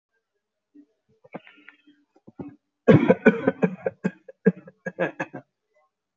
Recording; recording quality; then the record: shallow voluntary cough; excellent, no background noise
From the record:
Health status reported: healthy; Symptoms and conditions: none ticked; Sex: male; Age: 24 years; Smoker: not ticked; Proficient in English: yes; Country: India